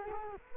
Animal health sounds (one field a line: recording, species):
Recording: mosquito wingbeat signal from an infrared sensor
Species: Culex quinquefasciatus